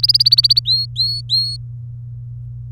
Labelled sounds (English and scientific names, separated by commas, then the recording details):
Domestic Canary (Serinus canaria) song
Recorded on 23 April 2018 at 18:16
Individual llb3